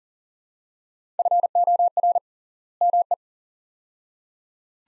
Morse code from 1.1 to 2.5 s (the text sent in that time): FOR